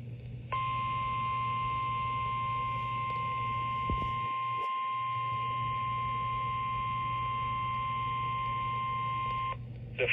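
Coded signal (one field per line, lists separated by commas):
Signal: Emergency Alert System (SAME) tones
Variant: 1050 Hz attention tone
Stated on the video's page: Flash flood warning aired on an FM radio station.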